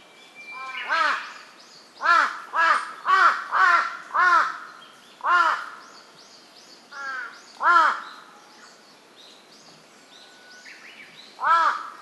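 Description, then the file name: Large-billed crow calling with irregular hoarse caws, some in short clusters. "hasibutogarasu"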